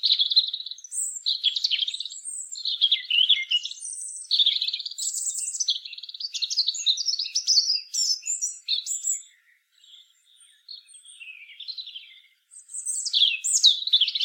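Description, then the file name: European robin song of sweet, jumbled warbles and high whistles, a brief lull near ten seconds, then another burst of phrases. "Erithacus rubecula"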